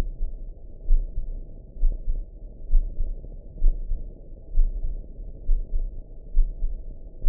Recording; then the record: heart sounds by optical stethoscope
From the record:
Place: aortic valve (AV)